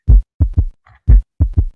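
Simulated low-pitched heart sounds from a 30-year-old man, heard with the stethoscope bell at the apex, at about 60 beats a minute with three thuds per cycle instead of two. The extra soft, dull sound after the second heart sound is a third heart sound (S3), forming a gallop rhythm. S1 and S2 are single, and there is no murmur.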